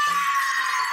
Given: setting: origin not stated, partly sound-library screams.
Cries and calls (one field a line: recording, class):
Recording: one-second piece from a danger detection set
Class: woman in danger